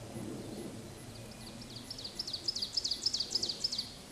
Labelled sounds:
Ovenbird song
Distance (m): 35 m
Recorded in a Pennsylvania forest on 17 May 2023 at 13:24
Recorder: AudioMoth, point grid1_26_low
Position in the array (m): 150 m, 62 m

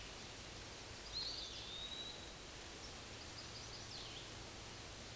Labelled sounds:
Eastern Wood-Pewee song
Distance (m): 40 m
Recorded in a Pennsylvania forest on 18 May 2023 at 11:25
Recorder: AudioMoth, point grid1_34_low
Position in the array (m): 187 m, 145 m

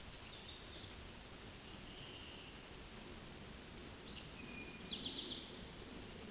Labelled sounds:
Eastern Towhee song
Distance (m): 55 m
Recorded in a Pennsylvania forest on 17 May 2023 at 13:24
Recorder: AudioMoth, point grid1_27_low
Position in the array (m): 112 m, 105 m

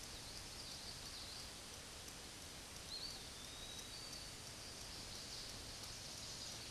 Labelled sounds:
Eastern Wood-Pewee song
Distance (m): 65 m
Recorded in a Pennsylvania forest on 18 May 2023 at 11:27
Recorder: AudioMoth, point grid1_11_low
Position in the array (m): 190 m, 146 m

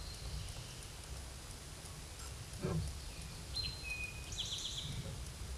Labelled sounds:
Eastern Towhee song
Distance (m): 20 m
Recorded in a Pennsylvania forest on 17 May 2023 at 13:26
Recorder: AudioMoth, point grid1_8_low
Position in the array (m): 114 m, 106 m

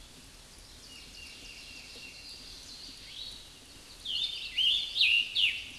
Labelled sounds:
Scarlet Tanager song
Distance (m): 15 m
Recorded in a Pennsylvania forest on 19 May 2023 at 09:17
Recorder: AudioMoth, point grid1_7_low
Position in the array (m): 139 m, 64 m

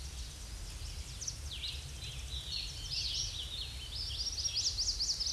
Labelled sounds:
Hooded Warbler song
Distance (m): 25 m
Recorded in a Pennsylvania forest on 18 May 2023 at 09:14
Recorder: AudioMoth, point grid1_17_low
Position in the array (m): 171 m, 154 m

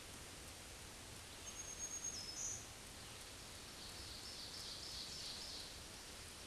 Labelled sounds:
Black-throated Green Warbler song
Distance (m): 25 m
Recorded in a Pennsylvania forest on 18 May 2023 at 07:27
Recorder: AudioMoth, point grid1_26_low
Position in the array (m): 173 m, 61 m

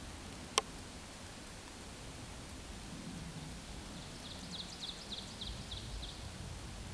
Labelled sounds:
Ovenbird song
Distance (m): 80 m
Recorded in a Pennsylvania forest on 17 May 2023 at 14:28
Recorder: AudioMoth, point grid1_34_low
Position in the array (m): 147 m, 61 m

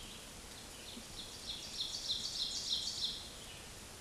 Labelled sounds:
Ovenbird song
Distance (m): 35 m
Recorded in a Pennsylvania forest on 17 May 2023 at 13:26
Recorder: AudioMoth, point grid1_1_low
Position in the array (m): 212 m, 18 m

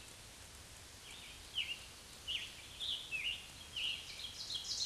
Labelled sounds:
Scarlet Tanager song
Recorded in a Pennsylvania forest on 1 June 2023 at 08:07
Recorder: AudioMoth, point grid3_18_low
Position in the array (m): 157 m, 148 m

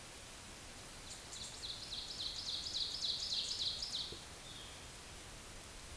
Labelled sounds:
Ovenbird song
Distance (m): 35 m
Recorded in a Pennsylvania forest on 17 May 2023 at 13:29
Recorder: AudioMoth, point grid1_2_low
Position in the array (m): 176 m, 12 m

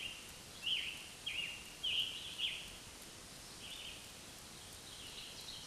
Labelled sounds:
Scarlet Tanager song
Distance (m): 30 m
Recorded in a Pennsylvania forest on 1 June 2023 at 08:07
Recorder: AudioMoth, point grid3_13_high
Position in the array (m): 162 m, 144 m

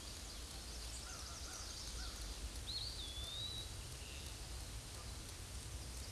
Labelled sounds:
Eastern Wood-Pewee song
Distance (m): 45 m
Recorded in a Pennsylvania forest on 18 May 2023 at 06:21
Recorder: AudioMoth, point grid1_15_low
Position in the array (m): 73 m, 200 m

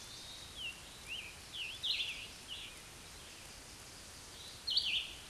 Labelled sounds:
Scarlet Tanager song
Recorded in a Pennsylvania forest on 19 May 2023 at 13:58
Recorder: AudioMoth, point grid1_41_low
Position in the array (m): 206 m, 256 m

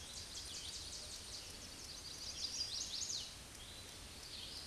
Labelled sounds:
Chestnut-sided Warbler song
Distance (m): 40 m
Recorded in a Pennsylvania forest on 18 May 2023 at 09:04
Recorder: AudioMoth, point grid1_11_low
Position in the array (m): 213 m, 132 m

